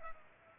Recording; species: mosquito wingbeat signal from an infrared sensor; Culex pipiens